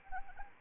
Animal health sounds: mosquito wingbeat signal from an infrared sensor; Anopheles arabiensis

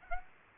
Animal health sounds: mosquito wingbeat signal from an infrared sensor; Aedes aegypti

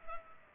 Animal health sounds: mosquito wingbeat signal from an infrared sensor; Culex pipiens

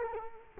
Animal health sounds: mosquito wingbeat signal from an infrared sensor; Culex quinquefasciatus

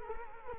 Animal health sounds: mosquito wingbeat signal from an infrared sensor; Culex quinquefasciatus

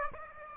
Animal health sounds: mosquito wingbeat signal from an infrared sensor; Aedes aegypti

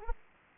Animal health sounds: mosquito wingbeat signal from an infrared sensor; Aedes aegypti

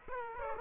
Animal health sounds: mosquito wingbeat signal from an infrared sensor; Aedes aegypti

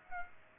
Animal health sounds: mosquito wingbeat signal from an infrared sensor; Aedes aegypti

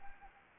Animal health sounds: mosquito wingbeat signal from an infrared sensor; Anopheles arabiensis

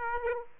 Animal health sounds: mosquito wingbeat signal from an infrared sensor; Aedes aegypti

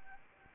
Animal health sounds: mosquito wingbeat signal from an infrared sensor; Anopheles arabiensis

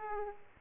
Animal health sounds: mosquito wingbeat signal from an infrared sensor; Aedes aegypti

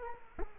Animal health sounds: mosquito wingbeat signal from an infrared sensor; Culex quinquefasciatus

